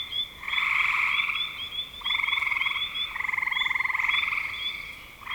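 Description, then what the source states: Frogs trilling in overlapping pulsed bursts, some over a second long, while quick high chirps continue behind. Recorded in spring 2025.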